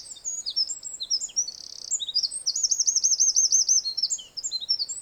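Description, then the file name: Eurasian wren singing loudly and continuously, with shrill tumbling notes and a long, even, rapid trill in the middle of the phrase. "Troglodytes troglodytes"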